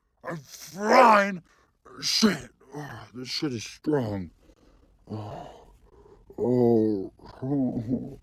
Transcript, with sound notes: I’m fine! (to self) Shit, this shit is strong… Uhhuh…